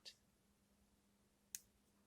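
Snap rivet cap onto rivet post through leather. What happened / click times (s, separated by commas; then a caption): The small snap cap clicked onto its post / 1.6 s. A small snap rivet cap is pressed by hand onto a rivet post pushed through two holes in deerskin leather. A faint high tick comes right at the start, then a single sharp, bright click at 1.6 s over a quiet low hum. The rivet cap snaps on and seats onto the post.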